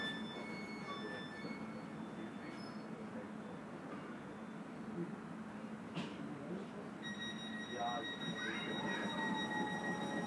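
An S-Bahn train rumbles along in a steady, dense low drone that holds through the whole ride. Thin whistling tones drift in and out above it, a brief bump comes near six seconds, and murmured voices sit faintly underneath, swelling slightly toward the end.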